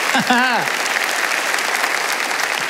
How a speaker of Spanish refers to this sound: Alguien tiene que aplaudir más que eso si lo crees.